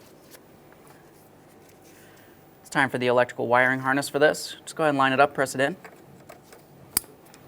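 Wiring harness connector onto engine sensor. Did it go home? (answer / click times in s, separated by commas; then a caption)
yes / 7.0 s. A plastic wiring harness connector is lined up and pressed onto an engine sensor of a 2015-2020 Ford F-150 3.5L V6 during a valve cover replacement, while someone talks. After the talking, one sharp, loud click sounds at 7.0 s as the connector seats, and it is then double-checked.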